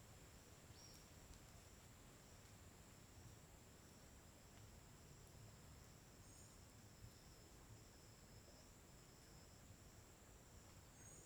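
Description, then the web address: Crickets chirping in a steady, high, continuous trill throughout, with a low rumble of background noise underneath. Steady, uniform crickets in daytime on a forest riverbank in Tocantins. "Ambiente na beira do rio na mata com passaros e grilos homogeneos dia. local tocantins"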